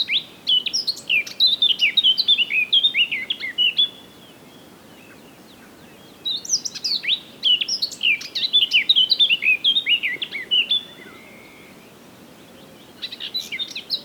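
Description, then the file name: Eurasian blackcap singing repeated phrases of quick, mellow warbling, each several seconds long with pauses between, and a third phrase starting at the end. "Sylvia atricapilla"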